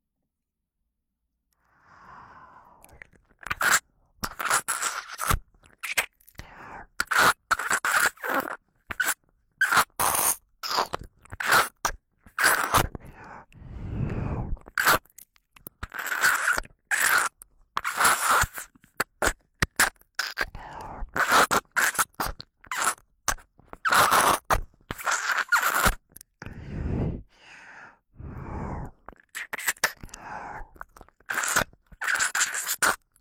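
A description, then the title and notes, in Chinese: Sucking at the dirt in an ear: after about two seconds of silence, rapid wet clicks, crunches and scraping sounds begin and continue almost nonstop. The bursts come in quick irregular clusters, with a few deeper muffled thumps and brief pauses between runs. 吸食你耳朵里的脏污。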